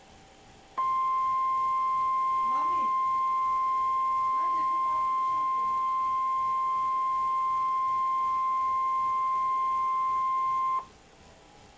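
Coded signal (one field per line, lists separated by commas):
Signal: Emergency Alert System (SAME) tones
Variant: 1050 Hz attention tone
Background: speech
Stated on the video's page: Real NOAA Weather Radio EAS alert.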